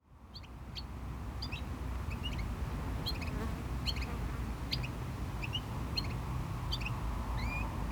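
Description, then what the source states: Small bird chirping repeatedly, brief sharp high notes in loose bursts throughout, with a continuous low roar of waves and cars beneath. Small bird in a bush at GC-200, Agaete, Las Palmas, Spain; distant cars and waves; recorded with DPA-2006c AB pair into SD MixPre-3.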